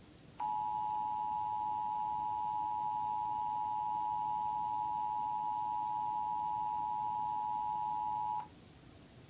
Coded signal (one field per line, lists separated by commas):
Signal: Emergency Alert System (SAME) tones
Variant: 853 and 960 Hz attention tone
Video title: Iowa Required Monthly Test (EAS #230)